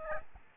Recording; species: mosquito wingbeat signal from an infrared sensor; Aedes albopictus